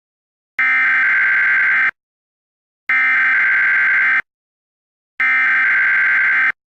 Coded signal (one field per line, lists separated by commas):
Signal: Emergency Alert System (SAME) tones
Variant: header bursts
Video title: EAS Scenario #8: Mini Scenario - 2nd 9/11 (9/11/26)